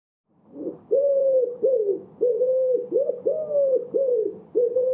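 Bird giving a steady run of loud, hollow cooing notes, each held briefly, about seven in a row with short gaps.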